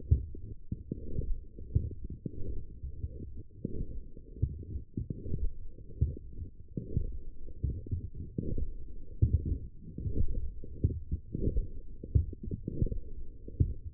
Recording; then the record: forearm muscle sounds (acoustic myography)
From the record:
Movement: forearm supination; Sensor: system 1, eight BSWA MPA416 microphones around the upper forearm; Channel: 7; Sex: female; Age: 20 years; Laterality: right